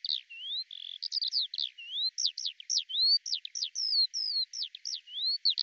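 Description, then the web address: Eurasian skylark song: a quick run of sharp rising and falling whistled notes with short buzzy trills, delivered continuously at high pitch. "Deverinetal 2025 Bird Al Ar"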